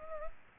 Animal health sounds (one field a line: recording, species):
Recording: mosquito wingbeat signal from an infrared sensor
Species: Culex pipiens